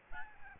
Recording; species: mosquito wingbeat signal from an infrared sensor; Aedes albopictus